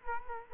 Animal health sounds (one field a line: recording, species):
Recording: mosquito wingbeat signal from an infrared sensor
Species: Culex quinquefasciatus